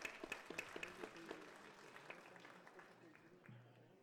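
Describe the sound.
An audience breaks into steady applause, a dense patter of many hands clapping with voices mixed in, gradually thinning out and fading over about four seconds.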